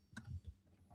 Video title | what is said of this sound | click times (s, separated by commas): Makera Z1 Presale Party LIVE🎁！ | Um, so let me pop out my 3D Pro. | 0.2 s